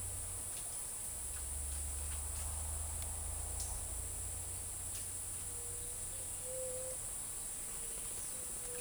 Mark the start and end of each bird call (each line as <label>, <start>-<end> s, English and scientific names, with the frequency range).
White-tipped Dove (Leptotila verreauxi) (0.2-0.8 kHz), 6.38-6.97 s